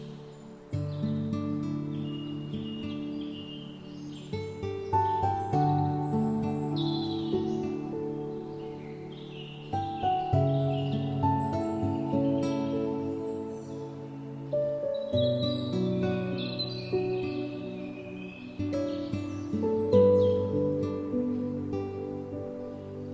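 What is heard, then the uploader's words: Music with bird sounds: sustained low chords shifting every few seconds beneath repeated high chirps and tweets scattered across the whole 23 seconds. Relaxing music with bird sounds.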